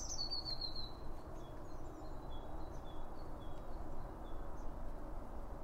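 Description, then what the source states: Bird song with one high falling trilled phrase at the start, followed by soft scattered chirps over steady low rumble. Several birds around a bird feeder, recorded with two Line Audio OM1 microphones.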